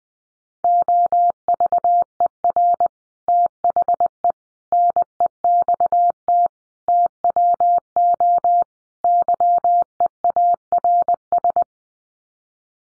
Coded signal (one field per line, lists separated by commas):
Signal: Morse code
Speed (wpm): 20 wpm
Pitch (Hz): 700 Hz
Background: none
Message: OVER THE NEXT TWO YEARS